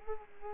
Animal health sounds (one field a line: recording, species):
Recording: mosquito wingbeat signal from an infrared sensor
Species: Culex quinquefasciatus